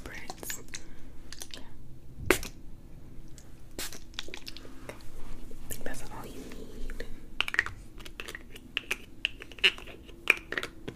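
Scalp massage with scratching, plucking and hair parting: a fast, irregular run of small crisp clicks and scrapes, bright and dry, with a sharper snap near two seconds. A low steady hum sits underneath throughout, and soft rustling swells around five to seven seconds.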